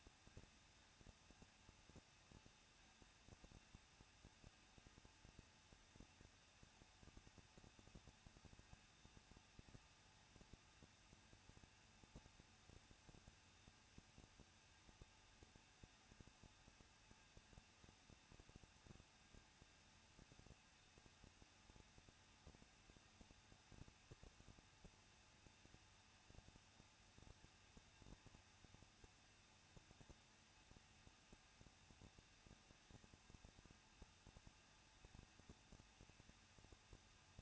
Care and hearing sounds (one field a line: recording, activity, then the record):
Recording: daily activity, microphone in the room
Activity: no activity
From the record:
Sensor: 2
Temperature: 21.0 degrees Celsius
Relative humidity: 37.3%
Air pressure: 1006.2 hPa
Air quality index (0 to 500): 221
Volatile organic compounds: 23 ppm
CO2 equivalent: 2791 ppm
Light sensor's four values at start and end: 2/3/2/2 and 2/3/2/2